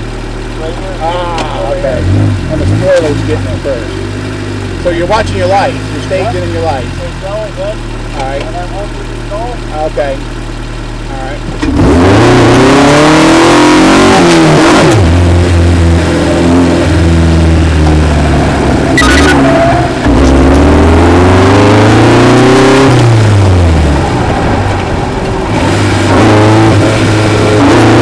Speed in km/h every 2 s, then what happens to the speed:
0, 0, 0, 0, 0, 0, 27, 39, 29, 29, 52, 52, 44, 50.
0-10 standing. 10-15 pulls away to 39. 18-20 speeds up to 52. 20-25 steady at about 52. 25-28 speeds up to 50.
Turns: 14-19, 21-24.